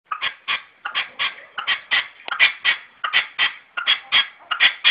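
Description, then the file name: Red-legged partridge producing a rapid, rhythmic series of hoarse, chuffing notes. "perdiz roja-sonido"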